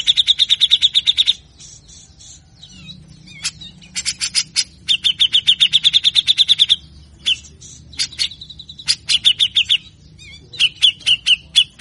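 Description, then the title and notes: Grey-cheeked bulbul alternating fast rattling bursts with runs of sharp, buzzy notes, broken by brief pauses and a few single clipped calls. Master recording of an actively singing bird giving full, rough rasping chatter, meant to provoke lazy captive birds of the species to sing and quickly become agitated. "MASTERAN CUCAK JENGGOT GACOR FULL BESETAN KASAR DURASI PANJANG. pancingan dan masteran cucak jenggot malas. Burung cucak jenggot"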